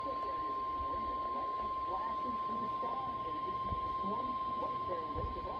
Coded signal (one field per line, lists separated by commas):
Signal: Emergency Alert System (SAME) tones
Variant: 1050 Hz attention tone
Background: speech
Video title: Severe Thunderstorm Warning (EAS 86)